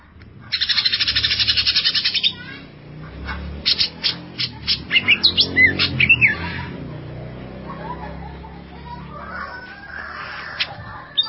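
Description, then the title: Leafbird giving a harsh rapid buzzy rattle for about two seconds, then a series of sharp chattering notes and short whistled slurs, fading to quiet background. "Cucak ijo"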